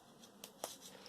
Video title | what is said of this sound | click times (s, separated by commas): Luz de emergencias | de esta forma, hacemos un clic, se escucha, | 0.4 s, 0.6 s